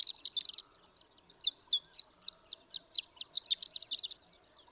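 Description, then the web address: Horned lark giving short bursts of high, jingling notes separated by brief gaps. "birdsongforthecurious Horned Lark"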